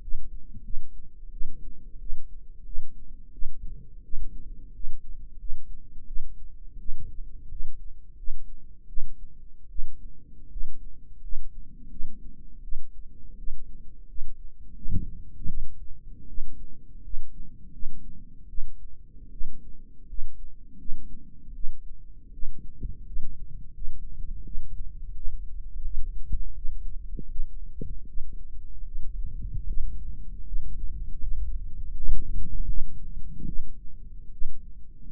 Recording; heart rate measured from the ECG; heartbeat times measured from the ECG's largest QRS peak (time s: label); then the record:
heart sounds by microphone in the right ear; 82 bpm
0.02 s: heartbeat
0.64 s: heartbeat
1.32 s: heartbeat
2.00 s: heartbeat
2.65 s: heartbeat
3.33 s: heartbeat
4.04 s: heartbeat
4.74 s: heartbeat
5.39 s: heartbeat
6.07 s: heartbeat
6.79 s: heartbeat
7.50 s: heartbeat
8.17 s: heartbeat
8.88 s: heartbeat
9.70 s: heartbeat
10.50 s: heartbeat
11.22 s: heartbeat
11.90 s: heartbeat
12.63 s: heartbeat
13.38 s: heartbeat
14.08 s: heartbeat
14.75 s: heartbeat
15.48 s: heartbeat
16.28 s: heartbeat
17.03 s: heartbeat
17.72 s: heartbeat
18.49 s: heartbeat
19.31 s: heartbeat
20.08 s: heartbeat
20.78 s: heartbeat
21.54 s: heartbeat
22.33 s: heartbeat
23.05 s: heartbeat
23.74 s: heartbeat
24.44 s: heartbeat
25.14 s: heartbeat
25.84 s: heartbeat
26.54 s: heartbeat
27.29 s: heartbeat
28.07 s: heartbeat
28.85 s: heartbeat
29.66 s: heartbeat
30.45 s: heartbeat
31.20 s: heartbeat
31.95 s: heartbeat
32.67 s: heartbeat
33.46 s: heartbeat
34.32 s: heartbeat
From the record:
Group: healthy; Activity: rest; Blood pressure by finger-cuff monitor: 103/63 mmHg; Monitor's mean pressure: 74 mmHg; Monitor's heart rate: 84 bpm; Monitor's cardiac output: 6.9 L/min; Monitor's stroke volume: 85 mL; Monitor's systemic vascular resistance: 760 dyn s/cm5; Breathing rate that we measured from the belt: 20 breaths a minute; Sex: female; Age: 22 years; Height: 163 cm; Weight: 67.1 kg